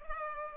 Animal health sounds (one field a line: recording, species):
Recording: mosquito wingbeat signal from an infrared sensor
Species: Culex pipiens